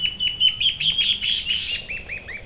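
Bird calling with rapid, high chirps that merge into a loud buzzy burst, followed by a few downslurred notes.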